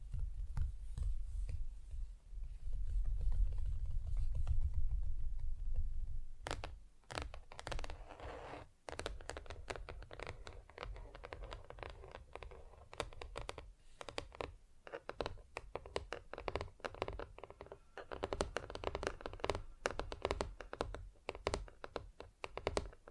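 Tapping on different surfaces, with sharp, bright clicks arriving in quick irregular bursts, some faster and denser than others. The first six seconds carry a steady low rumble under softer taps, then the taps turn crisper and more scattered, with short pauses between clusters.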